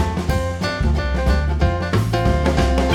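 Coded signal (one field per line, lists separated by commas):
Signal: none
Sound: music drum beats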